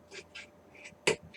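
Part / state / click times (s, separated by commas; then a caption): lighting circuit board into model passenger car / seated / 1.1 s. A lighting circuit board, after being repositioned, is pushed into a tight spot in a model passenger car. A few faint, soft bursts come first, then one loud, sharp hit at 1.1 s as the board seats. It is a tight friction fit rather than a true snap.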